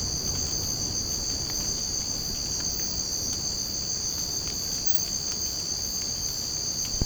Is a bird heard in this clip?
no